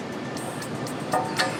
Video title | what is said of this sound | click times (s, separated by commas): how to build a jumbo jet engine | you should hear as it clicks. They'd have clicked in now. | 1.1 s